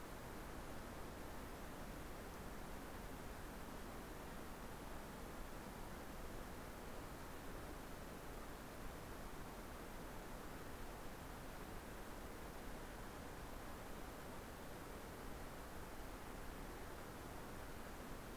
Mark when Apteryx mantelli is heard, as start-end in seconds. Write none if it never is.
none